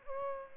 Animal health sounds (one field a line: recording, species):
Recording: mosquito wingbeat signal from an infrared sensor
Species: Aedes albopictus